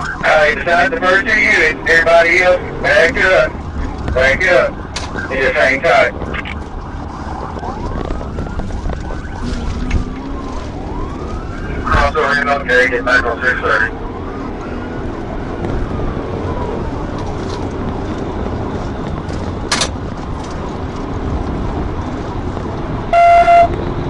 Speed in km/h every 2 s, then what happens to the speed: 87, 100, 90, 66, 66, 92, 116, 134, 147, 137, 151, 155.
3-6 brakes to 66. 8-24 speeds up to 155.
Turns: none.